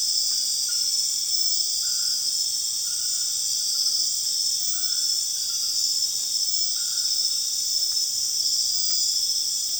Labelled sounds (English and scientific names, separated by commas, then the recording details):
none
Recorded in secondary vegetation near Puerto Asís, Putumayo, Colombia, on 25 June 2025 at 22:30
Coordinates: 0.485, -76.322
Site GP06